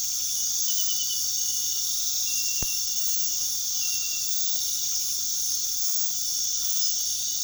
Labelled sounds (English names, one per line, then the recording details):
none
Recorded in pastures near Puerto Asís, Putumayo, Colombia, on 21 February 2024 at 01:30
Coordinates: 0.468, -76.328
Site G6414